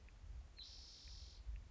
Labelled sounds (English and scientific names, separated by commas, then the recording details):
Spotted Towhee (Pipilo maculatus)
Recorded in Sonoma County, California